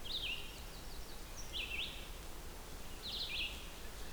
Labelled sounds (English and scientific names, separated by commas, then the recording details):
Red-eyed Vireo (Vireo olivaceus) song
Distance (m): 60 m
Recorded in boreal forest in Alberta, Canada, on 16 June 2016 at 08:30
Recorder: SongMeter 3, array SBT-3-32
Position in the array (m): 47 m, 12 m